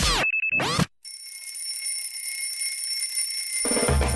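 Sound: alarm clock ringing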